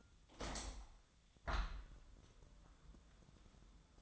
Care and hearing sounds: daily activity, microphone in the room; open window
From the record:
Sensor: 3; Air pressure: 1004.5 hPa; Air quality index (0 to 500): 109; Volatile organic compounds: 5 ppm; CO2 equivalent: 1705 ppm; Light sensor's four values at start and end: 7/16/6/6 and 7/17/7/6

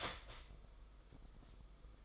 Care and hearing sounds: daily activity, microphone in the room; start toaster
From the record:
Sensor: 5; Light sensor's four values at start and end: 39/120/46/49 and 39/120/46/49

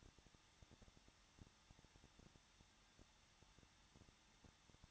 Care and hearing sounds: daily activity, microphone in the room; no activity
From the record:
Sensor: 3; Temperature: 21.2 degrees Celsius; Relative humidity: 36.4%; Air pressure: 1006.2 hPa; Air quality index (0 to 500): 222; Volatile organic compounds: 41 ppm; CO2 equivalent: 3171 ppm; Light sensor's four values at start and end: 2/3/2/2 and 2/3/2/2

